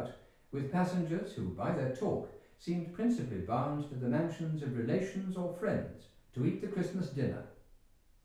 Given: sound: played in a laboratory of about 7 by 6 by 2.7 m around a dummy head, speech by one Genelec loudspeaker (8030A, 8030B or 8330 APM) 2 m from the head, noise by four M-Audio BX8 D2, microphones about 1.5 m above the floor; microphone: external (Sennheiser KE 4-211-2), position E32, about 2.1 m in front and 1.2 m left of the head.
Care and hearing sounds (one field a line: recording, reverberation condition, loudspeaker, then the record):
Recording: male speech in English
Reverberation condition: medium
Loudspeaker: 60 degrees to the right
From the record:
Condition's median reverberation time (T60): about 510 ms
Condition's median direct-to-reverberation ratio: about -0.5 dB